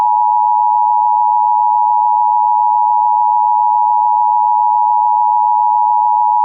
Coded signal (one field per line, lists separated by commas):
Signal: Emergency Alert System (SAME) tones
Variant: 853 and 960 Hz attention tone